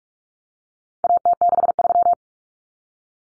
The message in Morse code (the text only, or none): AT63